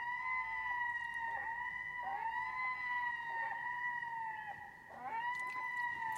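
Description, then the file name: Red-throated diver calls: long drawn wailing notes with rich harmonics, held fairly steady and rising and falling slightly, with a fresh wail starting near five seconds. A pair calling to one another, possibly in mating season, on a very large echoing loch in Shetland, in calm, windless conditions. "red-throated-divers"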